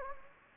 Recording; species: mosquito wingbeat signal from an infrared sensor; Anopheles gambiae